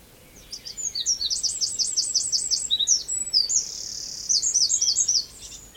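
Wren singing a fast, piercingly high phrase of rattling repeated notes, broken by a steady shrill trill and ending in another quick burst of chips.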